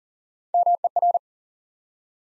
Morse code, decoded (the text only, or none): MER